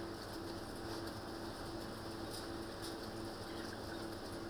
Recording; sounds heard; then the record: poultry house recording; healthy chickens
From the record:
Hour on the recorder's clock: 19